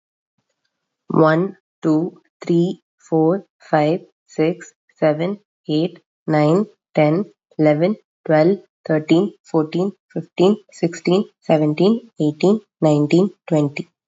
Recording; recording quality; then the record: counting at a normal pace; excellent, no background noise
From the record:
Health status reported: COVID-19 positive, mild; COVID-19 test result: positive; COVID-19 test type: RT-PCR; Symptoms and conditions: cough, sore throat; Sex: female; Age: 24 years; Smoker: no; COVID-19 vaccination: both doses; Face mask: not worn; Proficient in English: yes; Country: India